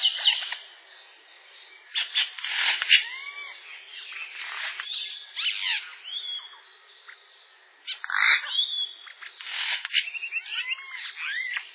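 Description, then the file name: Yellow-rumped cacique singing a long, busy medley of whistles, harsh chacks, clicks and downslurred notes, delivered in quick, irregular bursts with brief pauses. "japiim"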